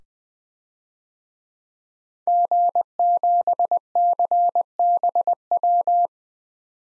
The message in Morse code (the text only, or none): G7CBW